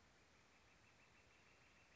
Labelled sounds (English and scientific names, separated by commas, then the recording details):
Northern Flicker (Colaptes auratus)
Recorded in Sonoma County, California